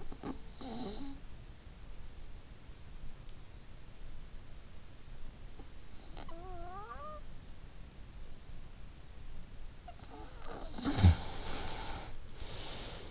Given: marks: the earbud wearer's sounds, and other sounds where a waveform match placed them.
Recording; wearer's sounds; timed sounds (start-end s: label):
sounds in sleep by an in-ear microphone; snoring breath
0.00-1.50 s: snoring breath
6.15-7.54 s: snoring breath
9.99-13.11 s: snoring breath